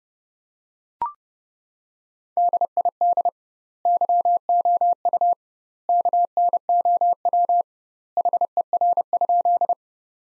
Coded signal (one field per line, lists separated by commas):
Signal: Morse code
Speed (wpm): 30 wpm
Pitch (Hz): 700 Hz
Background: none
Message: DID YOU KNOW HER?